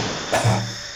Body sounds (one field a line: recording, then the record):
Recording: coughing mixed with background sound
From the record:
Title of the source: Cough Around the Clock!